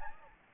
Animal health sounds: mosquito wingbeat signal from an infrared sensor; Anopheles gambiae

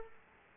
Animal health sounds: mosquito wingbeat signal from an infrared sensor; Culex quinquefasciatus

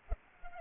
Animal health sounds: mosquito wingbeat signal from an infrared sensor; Culex pipiens

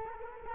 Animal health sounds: mosquito wingbeat signal from an infrared sensor; Culex quinquefasciatus

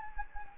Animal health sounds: mosquito wingbeat signal from an infrared sensor; Anopheles gambiae

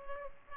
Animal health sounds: mosquito wingbeat signal from an infrared sensor; Culex pipiens

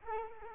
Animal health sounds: mosquito wingbeat signal from an infrared sensor; Culex quinquefasciatus

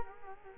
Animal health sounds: mosquito wingbeat signal from an infrared sensor; Culex quinquefasciatus

